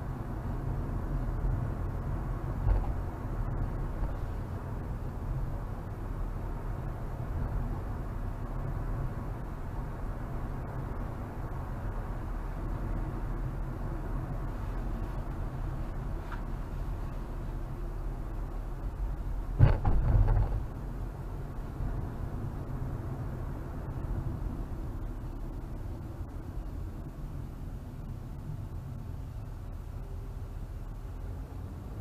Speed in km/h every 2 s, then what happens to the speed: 52, 50, 52, 52, 52, 52, 52, 50, 44, 39, 39, 40, 39, 29, 13, 10.
0-13 steady at about 52. 13-18 slows to 39. 18-23 steady at about 39. 23-28 brakes to 13.